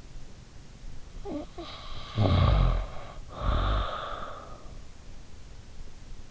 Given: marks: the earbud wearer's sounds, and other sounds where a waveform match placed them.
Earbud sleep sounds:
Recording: sounds in sleep by an in-ear microphone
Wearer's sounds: snoring breath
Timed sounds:
1.22-4.95 s: snoring breath

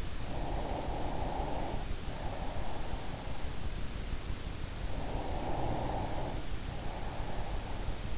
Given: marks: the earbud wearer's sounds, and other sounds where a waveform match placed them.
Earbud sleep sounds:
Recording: sounds in sleep by an in-ear microphone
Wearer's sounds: breath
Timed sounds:
0.00-3.81 s: breath
4.76-8.16 s: breath

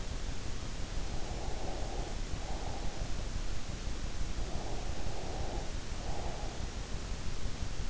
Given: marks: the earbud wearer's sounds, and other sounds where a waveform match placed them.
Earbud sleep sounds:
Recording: sounds in sleep by an in-ear microphone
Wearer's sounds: breath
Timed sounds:
0.47-2.99 s: breath
4.25-6.61 s: breath

